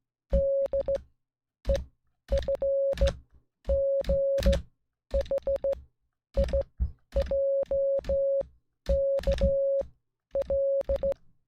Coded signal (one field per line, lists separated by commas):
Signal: Morse code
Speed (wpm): 16 wpm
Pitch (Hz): 550 Hz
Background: music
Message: DEFGHIJKL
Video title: Morse Code | Alphabet & Words Practice | Numbers 1-10